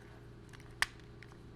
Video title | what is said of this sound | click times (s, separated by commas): Transformers Shattered Glass Blaster Review | it's going to click into place and that's one side done | 0.8 s